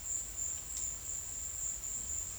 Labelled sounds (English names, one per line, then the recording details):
none
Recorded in secondary vegetation near Puerto Asís, Putumayo, Colombia, on 22 December 2024 at 14:00
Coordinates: 0.488, -76.319
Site GP04